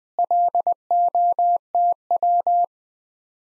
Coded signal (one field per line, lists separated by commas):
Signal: Morse code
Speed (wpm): 20 wpm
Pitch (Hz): 700 Hz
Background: none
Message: LOTW